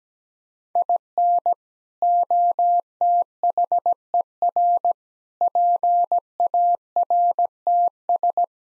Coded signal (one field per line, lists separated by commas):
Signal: Morse code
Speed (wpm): 17 wpm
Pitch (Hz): 700 Hz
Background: none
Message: IN OTHER PARTS